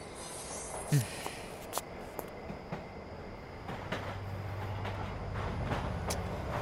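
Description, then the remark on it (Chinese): A subway train, running late, rumbles and rattles into a station platform, its doors about to open, with a low steady hum building toward the end and scattered clanks and clicks from the cars. “地铁门要开了，我现在离西装男人最近。”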